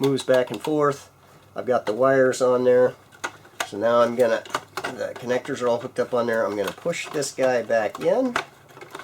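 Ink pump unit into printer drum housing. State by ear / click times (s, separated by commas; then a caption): not seated / none. Someone talks while handling the ink pump unit of a Riso printer drum, being cleaned after a P04-513 error, with its connectors already hooked up, and begins pushing it back into its plastic mount in the drum housing. Two faint short knocks come at about 8.8 s and 9.0 s as the clip ends, and nothing has seated or clicked yet.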